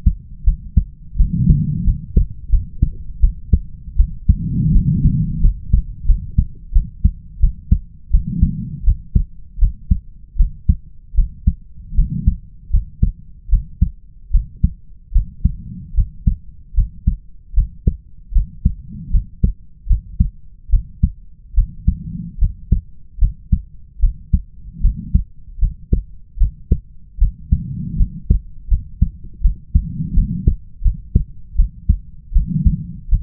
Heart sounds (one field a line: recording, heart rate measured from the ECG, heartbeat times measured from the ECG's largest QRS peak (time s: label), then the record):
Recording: heart sounds by stethoscope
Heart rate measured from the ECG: 79 bpm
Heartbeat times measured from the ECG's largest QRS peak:
0.44 s: heartbeat
1.17 s: heartbeat
1.84 s: heartbeat
2.50 s: heartbeat
3.20 s: heartbeat
3.97 s: heartbeat
4.72 s: heartbeat
5.41 s: heartbeat
6.06 s: heartbeat
6.73 s: heartbeat
7.40 s: heartbeat
8.11 s: heartbeat
8.84 s: heartbeat
9.59 s: heartbeat
10.37 s: heartbeat
11.15 s: heartbeat
11.95 s: heartbeat
12.71 s: heartbeat
13.49 s: heartbeat
14.31 s: heartbeat
15.12 s: heartbeat
15.94 s: heartbeat
16.74 s: heartbeat
17.54 s: heartbeat
18.32 s: heartbeat
19.11 s: heartbeat
19.87 s: heartbeat
20.70 s: heartbeat
21.54 s: heartbeat
22.39 s: heartbeat
23.19 s: heartbeat
24.00 s: heartbeat
24.81 s: heartbeat
25.59 s: heartbeat
26.38 s: heartbeat
27.18 s: heartbeat
27.97 s: heartbeat
28.68 s: heartbeat
29.42 s: heartbeat
30.14 s: heartbeat
30.82 s: heartbeat
31.56 s: heartbeat
32.33 s: heartbeat
33.09 s: heartbeat
From the record:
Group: healthy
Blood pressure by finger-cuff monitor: 96/52 mmHg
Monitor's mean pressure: 65 mmHg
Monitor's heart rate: 77 bpm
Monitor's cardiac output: 7.1 L/min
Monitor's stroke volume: 92 mL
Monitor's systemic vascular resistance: 650 dyn s/cm5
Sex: female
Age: 22 years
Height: 157 cm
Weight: 47.6 kg